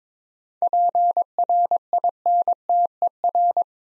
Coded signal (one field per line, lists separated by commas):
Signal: Morse code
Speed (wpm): 23 wpm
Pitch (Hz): 700 Hz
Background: none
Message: PRINTER